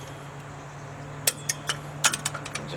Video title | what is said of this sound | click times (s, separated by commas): Chevrolet CUCV Brakes, Wheel Bearings, AVM Hubs | heard it click | 1.3 s